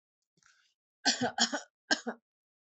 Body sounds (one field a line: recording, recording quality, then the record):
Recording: shallow voluntary cough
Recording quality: excellent, no background noise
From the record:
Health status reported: healthy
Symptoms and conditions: none ticked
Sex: female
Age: 33 years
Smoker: not ticked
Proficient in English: yes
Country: India